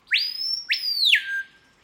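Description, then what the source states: Screaming Piha whistles, a sharp rising sweep followed by a second rise that holds high and then slides steeply down into a lower tone. Rainforest bird giving wide-ranging whistles.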